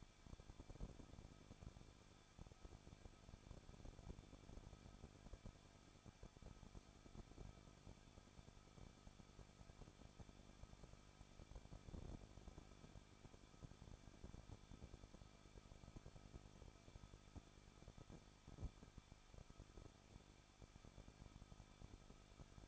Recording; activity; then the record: daily activity, microphone in the room; no activity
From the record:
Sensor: 5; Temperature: 20.9 degrees Celsius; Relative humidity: 38.1%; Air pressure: 1006.5 hPa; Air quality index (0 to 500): 187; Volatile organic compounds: 18 ppm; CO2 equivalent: 2618 ppm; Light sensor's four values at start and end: 2/3/1/1 and 2/3/1/1